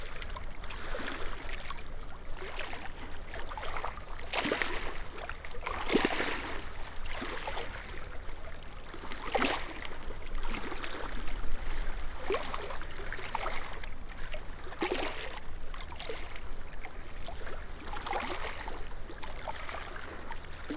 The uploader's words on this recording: The Lento box is recording alone, tied to a cold, stark railing, that descends down the seawall into the water. The nocturnal sound of this estuary place. East of Burnham-on-Crouch, facing due south, across the river, to Wallasea Island on the other side. Heard bobbling, over the many ridged joins that make up the seawall. We made this recording several years ago in August.